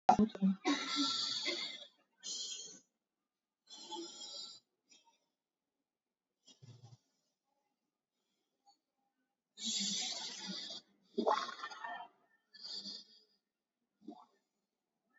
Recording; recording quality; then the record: deep breathing; excellent, no background noise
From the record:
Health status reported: COVID-19 positive, no symptoms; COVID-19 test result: positive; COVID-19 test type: RT-PCR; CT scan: taken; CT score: 2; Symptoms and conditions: fatigue, hypertension, diabetes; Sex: male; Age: 48 years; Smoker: no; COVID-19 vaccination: one dose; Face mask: worn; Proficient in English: yes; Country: India